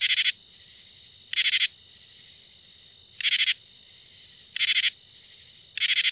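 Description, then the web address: Common True Katydid song: harsh clipped bursts of several rapid pulses, repeated every one to two seconds. "The Songs of Insects. Common True Katydid"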